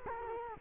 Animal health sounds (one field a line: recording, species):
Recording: mosquito wingbeat signal from an infrared sensor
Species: Culex quinquefasciatus